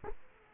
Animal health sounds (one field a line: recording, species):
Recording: mosquito wingbeat signal from an infrared sensor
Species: Culex quinquefasciatus